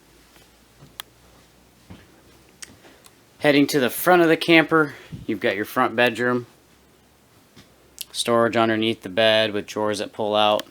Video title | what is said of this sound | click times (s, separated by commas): Wana RV Center - 2022 Rockwood Mini 2511S id1072 Walkthrough | so simply just bringing that latch over lock it into place and you're good to go | 1.0 s